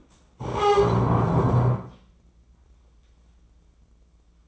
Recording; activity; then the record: daily activity, microphone in the room; stand up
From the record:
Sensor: 1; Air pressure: 996.0 hPa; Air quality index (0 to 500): 236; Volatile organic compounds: 1000 ppm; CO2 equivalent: 6879 ppm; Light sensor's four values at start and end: 35/87/37/45 and 34/83/36/43